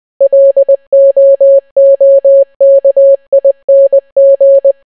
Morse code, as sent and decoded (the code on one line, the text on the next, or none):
.-.. --- --- -.- .. -. --.
LOOKING